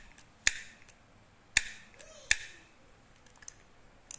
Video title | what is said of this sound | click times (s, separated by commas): ขายรอก1550 DAIWA (ไดว่า) Prospin GS-600RD ญี่ปุ่นมือสอง รอกสปิน รอกวินเทจ รอกสะสม รอกโบราณ | แล้วรลอแข็งแรงเด้งดีครับเปิดปิดได้ครับคลิก | 0.5 s, 1.6 s, 2.3 s